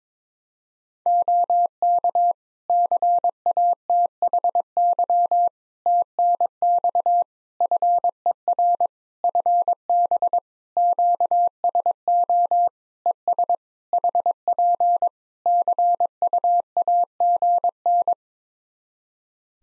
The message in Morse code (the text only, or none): OK CATHY TNX FER FB QSO ES HP CUAGN